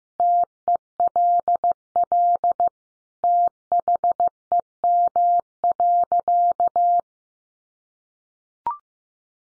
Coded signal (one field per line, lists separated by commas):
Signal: Morse code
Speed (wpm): 15 wpm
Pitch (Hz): 700 Hz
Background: none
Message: TELL THEM.